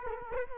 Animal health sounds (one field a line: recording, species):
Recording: mosquito wingbeat signal from an infrared sensor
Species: Culex quinquefasciatus